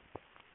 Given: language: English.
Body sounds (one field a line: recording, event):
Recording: throat vibration sensor signal played as sound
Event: swallow